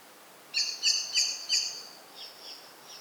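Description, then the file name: Common blackbird giving a quick run of four sharp, metallic chinking notes, then fainter softer notes trailing off; quiet background. "Turdus merula"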